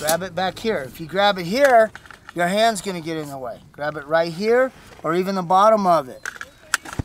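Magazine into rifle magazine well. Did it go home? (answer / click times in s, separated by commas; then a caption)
yes / 6.7 s. Someone talks while a child, coached by an adult, inserts a magazine into the magazine well of an assault rifle, pushing it in as hard as she can. A sharp impact sounds at 6.7 s, followed by two fainter clicks at 6.9 and 7.0 s. The magazine is seated and the rifle is loaded.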